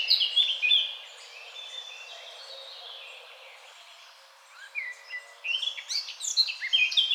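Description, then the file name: Eurasian blackcap song: a quick warbled phrase, a subdued interval of faint notes, then a renewed bright burst of rapid whistles and chirps. "Sylvia atricapilla"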